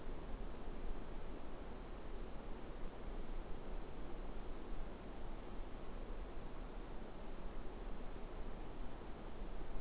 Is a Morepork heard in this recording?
no